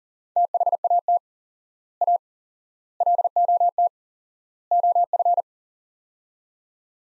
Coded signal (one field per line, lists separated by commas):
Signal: Morse code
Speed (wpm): 37 wpm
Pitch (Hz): 700 Hz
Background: none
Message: THAT A LOT OF